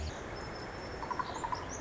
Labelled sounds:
Pacific Wren (Troglodytes pacificus)
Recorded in Sonoma County, California

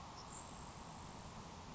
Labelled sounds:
Grasshopper Sparrow (Ammodramus savannarum)
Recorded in Sonoma County, California

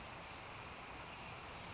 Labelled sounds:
Western Flycatcher (Empidonax difficilis)
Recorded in Sonoma County, California

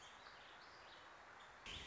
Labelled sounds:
Warbling Vireo (Vireo gilvus)
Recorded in Sonoma County, California

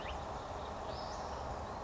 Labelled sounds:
Western Flycatcher (Empidonax difficilis)
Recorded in Sonoma County, California

